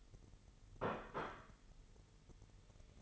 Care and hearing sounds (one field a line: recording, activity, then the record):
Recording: daily activity, microphone in the room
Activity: place plate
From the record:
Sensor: 4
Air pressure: 989.4 hPa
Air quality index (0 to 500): 213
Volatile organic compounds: 62 ppm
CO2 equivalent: 3438 ppm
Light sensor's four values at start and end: 26/91/33/35 and 26/91/33/35